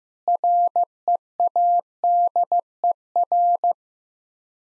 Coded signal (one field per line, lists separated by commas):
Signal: Morse code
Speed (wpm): 15 wpm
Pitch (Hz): 700 Hz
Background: none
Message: READER